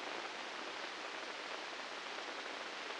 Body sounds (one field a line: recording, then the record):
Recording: brain microelectrode recording played as sound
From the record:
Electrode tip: inside the subthalamic nucleus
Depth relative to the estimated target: -3 mm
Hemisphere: right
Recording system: NeuroSet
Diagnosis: Parkinson's disease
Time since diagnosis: 9 years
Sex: female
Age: 51 years